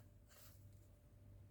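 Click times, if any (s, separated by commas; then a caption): none. A pin is being handled at the pistol compartment in the plastic right thigh of a RoboCop model, with a soft broadband rustle around 0.3–0.6 s over a steady low hum. Nothing has seated or clicked yet; the pin has not gone into place.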